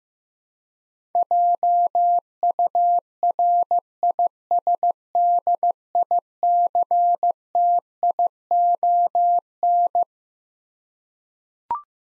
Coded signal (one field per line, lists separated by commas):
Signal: Morse code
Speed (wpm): 15 wpm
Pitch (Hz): 700 Hz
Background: none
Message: JURISDICTION